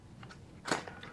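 A second M.2 SSD is handled over its motherboard slot, which has a small tool-less retention lever. Faint ticks at about 0.2 and 0.3 s lead to a louder broadband clatter around 0.7 s, then softer taps near 0.9 and 1.0 s. Nothing has seated or clicked in yet.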